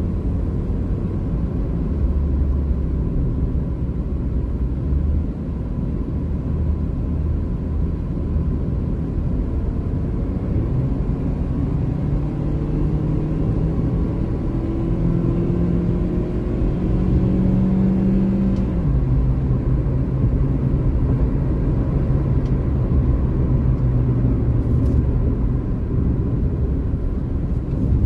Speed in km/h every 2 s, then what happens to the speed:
64, 57, 59, 59, 63, 72, 80, 88, 96, 100, 104, 97, 77, 72.
0-2 brakes to 57. 2-20 speeds up to 104. 20-25 brakes to 72.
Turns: none.